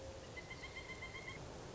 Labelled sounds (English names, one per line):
Pileated Woodpecker